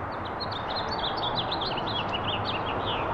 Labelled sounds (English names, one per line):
House Finch song